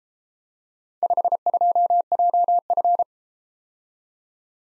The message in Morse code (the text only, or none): 52JF